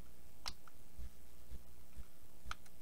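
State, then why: Seated. A hard plastic protective case is pressed onto an iPhone 13 smartphone until its edges clip over the phone body. A sharp click comes at about 0.5 s, soft low thumps follow, and a bright snap at 2.5 s marks the case seating into place.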